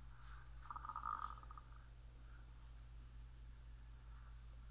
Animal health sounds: poultry house recording; sick chickens (respiratory disease)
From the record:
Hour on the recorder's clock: 13

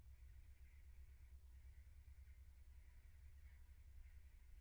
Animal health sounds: poultry house recording; no chicken sound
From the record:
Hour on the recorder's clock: 14

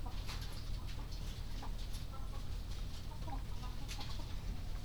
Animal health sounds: poultry house recording; healthy chickens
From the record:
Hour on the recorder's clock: 20

